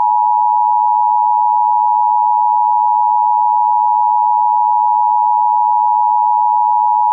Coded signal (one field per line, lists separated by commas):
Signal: Emergency Alert System (SAME) tones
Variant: 853 and 960 Hz attention tone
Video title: ⚠ EAS Scenario | The Moorcroft Incident ⚠